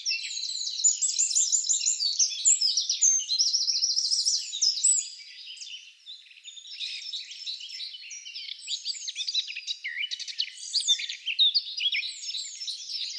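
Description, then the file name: Eurasian wren song: loud, rapid trills and chattering phrases for the first five seconds, then a quieter run of jumbled high twittering that continues to the end. "Troglodytes troglodytes"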